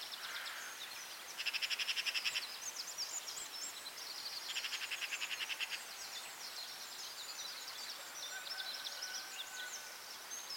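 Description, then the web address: Mixed birdsong chorus with high chirps and warbles, broken by loud rapid pulsed trills near one and a half and five seconds, plus a thin drawn-out whistle later. Dawn chorus at dawn on Anglesey, Wales. "beanstalk-audio Dawn chorus in Anglesey Wales"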